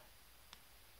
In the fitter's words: got a shallow snap. It's